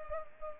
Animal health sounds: mosquito wingbeat signal from an infrared sensor; Culex pipiens

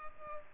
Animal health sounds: mosquito wingbeat signal from an infrared sensor; Culex pipiens

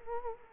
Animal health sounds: mosquito wingbeat signal from an infrared sensor; Culex quinquefasciatus

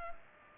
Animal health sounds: mosquito wingbeat signal from an infrared sensor; Culex pipiens

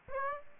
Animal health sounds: mosquito wingbeat signal from an infrared sensor; Aedes aegypti

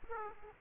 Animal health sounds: mosquito wingbeat signal from an infrared sensor; Aedes aegypti

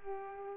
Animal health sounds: mosquito wingbeat signal from an infrared sensor; Culex pipiens

